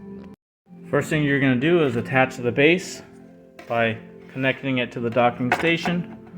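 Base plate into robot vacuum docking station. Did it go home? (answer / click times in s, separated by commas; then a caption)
no / none. Someone talks over background music while handling the plastic base ramp of a Roborock Qrevo S robot vacuum, attaching it to the docking station. Nothing has seated or clicked yet.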